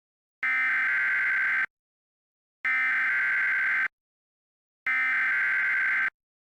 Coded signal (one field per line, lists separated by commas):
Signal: Emergency Alert System (SAME) tones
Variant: header bursts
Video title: EAS Scenario #2 - Realistic Mock of Tornado Emergency for Newnan, GA EF 4